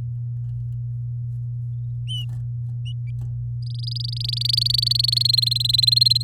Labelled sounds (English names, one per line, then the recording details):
Domestic Canary song
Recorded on 6 May 2018 at 08:59
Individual llb16